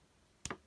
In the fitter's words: And then we're going to rotate this whole section back, and we'll kind of soft click in place.